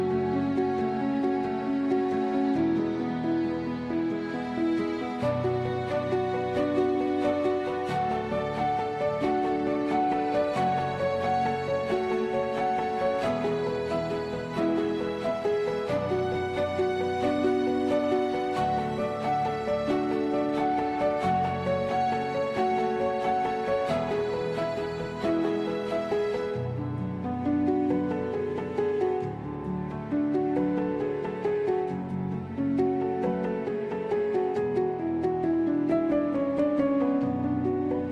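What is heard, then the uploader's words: A chill lofi hip hop beat plays at a steady, even loudness throughout. A soft bass line and warm chords repeat in loops under regular light drum hits. Around 26 seconds the high end thins out briefly and a gliding melodic line appears before the full beat returns. Chill Lofi Hip Hop Beat.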